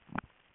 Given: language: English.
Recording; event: throat vibration sensor signal played as sound; swallow